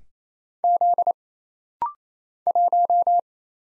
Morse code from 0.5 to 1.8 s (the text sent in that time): Z